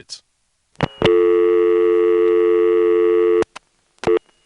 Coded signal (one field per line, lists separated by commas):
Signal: telephone call progress tone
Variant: North America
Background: speech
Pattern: dial tone